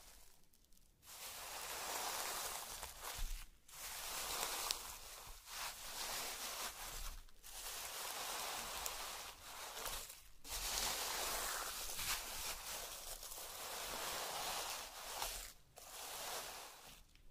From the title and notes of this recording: Slime Sounds Crayon Sounds + Tapping. Some various mixed sounds.